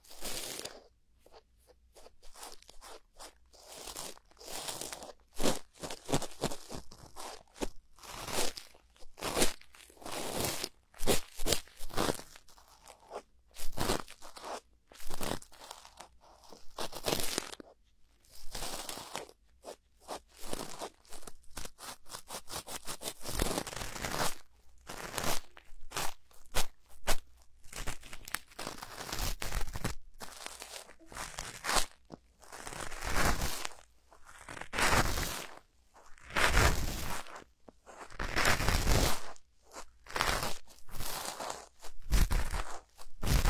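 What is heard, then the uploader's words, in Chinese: Ear picking, heard as a fast, uneven run of crackly scrapes and crunchy rustles with short gaps between strokes. The strokes grow denser and louder after about half a minute, with some sharper, fuller scratches near the end. 掏耳朵2.0。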